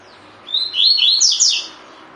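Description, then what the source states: Double-collared seedeater song, a single high, rapid phrase of slurred whistles that climb and then break into several crisp downward-sweeping notes. Song in the "tui tui" style, with the bird described as "fibra"; Brazilian Portuguese name coleiro de gola.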